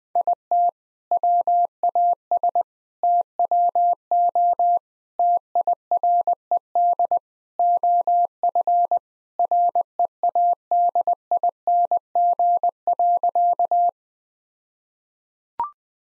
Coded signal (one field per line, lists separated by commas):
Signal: Morse code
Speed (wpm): 21 wpm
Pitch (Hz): 700 Hz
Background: none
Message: IT WAS TWO TIRED OF READING.